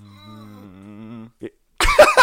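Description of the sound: A low, drawn-out voiced "ahh" wavers and slowly climbs for over a second, then breaks off with a short catch before louder voices cut in. An adult playfully imitates the build-up sound someone makes just before a sneeze.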